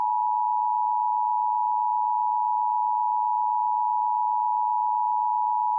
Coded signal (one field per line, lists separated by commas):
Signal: Emergency Alert System (SAME) tones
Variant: 853 and 960 Hz attention tone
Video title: EAS Remake: Tornado near Bennington.